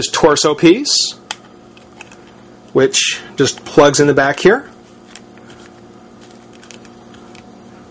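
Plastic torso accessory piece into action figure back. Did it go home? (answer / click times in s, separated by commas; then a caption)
no / none. Someone talks while handling a plastic torso accessory piece for a Marvel Legends Onslaught Series action figure, lining it up against the back of the figure before pushing it in. Only a few faint plastic ticks are heard, and nothing has seated or clicked yet.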